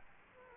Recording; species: mosquito wingbeat signal from an infrared sensor; Culex quinquefasciatus